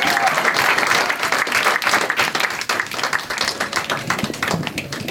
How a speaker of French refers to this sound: Donc, il me semble que l'ordre établi invite notre chère animatrice, organisatrice, poétesse ce soir. Ouais. Poétesse, qu'on applaudit bien fort.